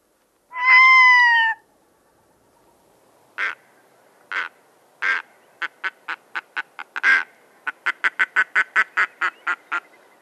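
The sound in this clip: Red-throated loon calls: one drawn-out nasal wail, then a series of short harsh quacking notes that come faster and more regularly toward the end.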